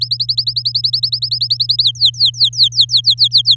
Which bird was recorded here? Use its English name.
Domestic Canary